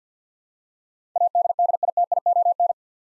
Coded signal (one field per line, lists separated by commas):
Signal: Morse code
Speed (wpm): 50 wpm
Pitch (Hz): 700 Hz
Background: none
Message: ADDITION